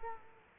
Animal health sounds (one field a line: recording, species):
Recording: mosquito wingbeat signal from an infrared sensor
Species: Culex quinquefasciatus